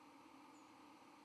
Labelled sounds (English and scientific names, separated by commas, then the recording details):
White-throated Sparrow (Zonotrichia albicollis) flight call
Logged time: 08:18 on 31 October 2014